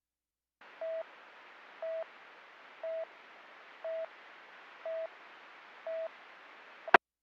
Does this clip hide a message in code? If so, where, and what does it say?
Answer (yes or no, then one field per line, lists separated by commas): no